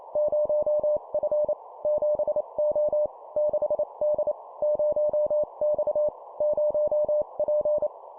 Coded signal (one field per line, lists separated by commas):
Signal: Morse code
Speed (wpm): 28 wpm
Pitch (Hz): 600 Hz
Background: none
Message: 0F 7O 6D 0X 0P